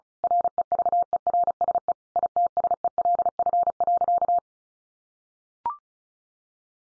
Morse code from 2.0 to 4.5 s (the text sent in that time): ITSELF.